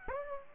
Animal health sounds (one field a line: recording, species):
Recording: mosquito wingbeat signal from an infrared sensor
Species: Aedes aegypti